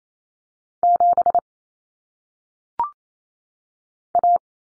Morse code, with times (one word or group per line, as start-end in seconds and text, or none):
0.8-1.4 7
4.2-4.4 A